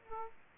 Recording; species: mosquito wingbeat signal from an infrared sensor; Aedes aegypti